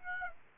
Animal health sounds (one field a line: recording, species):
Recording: mosquito wingbeat signal from an infrared sensor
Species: Aedes aegypti